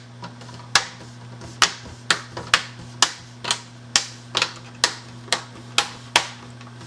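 Plastic screen bezel tabs on a Dell XPS L502X laptop are pressed back into the display lid one by one, each snapping home with a sharp click at about 0.8, 1.6, 2.5, 3.0, 4.0 and 6.2 seconds, with other softer clicks in between over a steady low hum. The bezel ends up seated with all its tabs reconnected.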